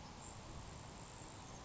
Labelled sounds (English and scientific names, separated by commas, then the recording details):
Grasshopper Sparrow (Ammodramus savannarum)
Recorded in Sonoma County, California